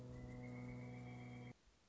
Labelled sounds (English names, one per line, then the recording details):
Pileated Woodpecker
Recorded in Sonoma County, California